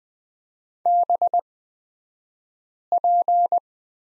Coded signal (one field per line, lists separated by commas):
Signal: Morse code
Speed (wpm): 20 wpm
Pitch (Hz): 700 Hz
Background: none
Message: BP